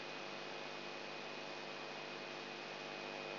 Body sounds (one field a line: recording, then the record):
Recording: brain microelectrode recording played as sound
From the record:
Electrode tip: inside the subthalamic nucleus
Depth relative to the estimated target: -1 mm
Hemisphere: right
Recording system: AlphaMap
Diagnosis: Parkinson's disease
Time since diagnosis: 8 years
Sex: male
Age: 59 years